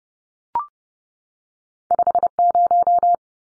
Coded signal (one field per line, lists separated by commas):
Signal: Morse code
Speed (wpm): 30 wpm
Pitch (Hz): 700 Hz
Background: none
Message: 50